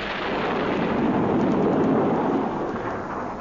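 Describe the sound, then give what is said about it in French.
A huge explosion as the whole planet Omega disappears: a dense, roaring rumble that swells to a peak and then holds steady for a few seconds, broad and noisy with no voices. “Et pour finir, la planète tout entière a disparu dans une énorme explosion.”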